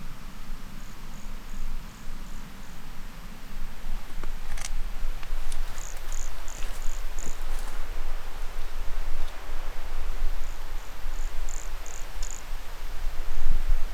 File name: Brachycephalus sulfuratus Reserva Particular do Patrimonio Natural Salto Morato not collected 10 marco 2016 MRBornschein